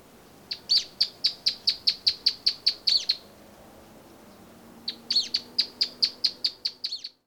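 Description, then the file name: Bolivian earthcreeper calling in rapid series of sharp, high chips: a run of about a dozen evenly spaced notes, a pause of nearly two seconds, then another similar run. "Bolivian Earthcreeper (Upucerthia harterti)"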